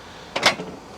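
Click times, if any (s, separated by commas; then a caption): 0.4 s. A slide-out cargo tray in an RV basement compartment is pushed back in, and its lock catches with one short, sharp hit at 0.4 s, followed by a brief fading rattle. The tray is locked in place.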